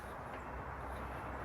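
The metal arm of a QuikrStuff Mach2 bike rack on its hitch mount is released and moved toward the horizontal position. Only a steady, low-heavy rumble with broadband noise is heard, with no distinct sudden sounds. Nothing has seated or clicked yet.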